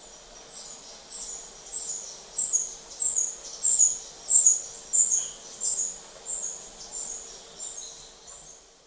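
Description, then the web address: Brown Inca uttering a steady string of about a dozen high, thin tsip notes at an even pace, swelling then tapering off. Ecuador. "Natures Songs S America Birds of Ecuador Brown Inca"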